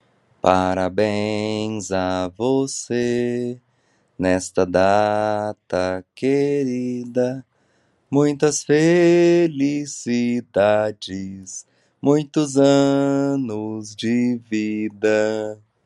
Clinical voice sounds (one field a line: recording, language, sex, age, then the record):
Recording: short text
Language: Brazilian Portuguese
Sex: male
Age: 30 to 39 years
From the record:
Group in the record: control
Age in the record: 32 years